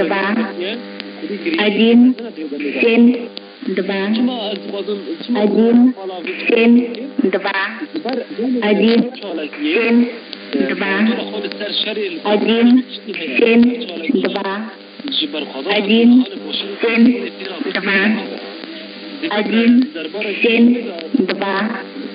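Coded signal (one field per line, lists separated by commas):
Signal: numbers station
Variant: S06s, Russian female voice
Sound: a woman's voice reading short words in Russian at a steady, even pace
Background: shortwave radio audio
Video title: 20 05 2021 Number station S06s Russian Lady in Russian to Eu 0730 on 11530 unknown tx site in CUSB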